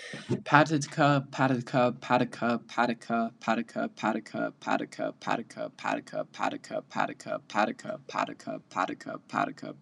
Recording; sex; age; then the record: repeated syllables /pa ta ka/; male; 18 to 19 years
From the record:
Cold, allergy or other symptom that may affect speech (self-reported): no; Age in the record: 18 years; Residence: New York, United States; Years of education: 12